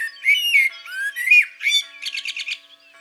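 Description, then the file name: Common blackbird song, with warbled and gliding notes followed by a fast, buzzy, pulsing twitter that fades at the end. In the countryside. "Merle noir Chants doiseaux dans la campagne"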